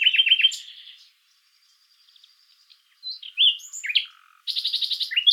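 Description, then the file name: Common nightingale song: repeated loud chirps fading out, a pause, varied sharp notes, then a fast rapid rattle of repeated notes. "Luscinia megarhynchos"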